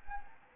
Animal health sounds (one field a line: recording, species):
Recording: mosquito wingbeat signal from an infrared sensor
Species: Anopheles arabiensis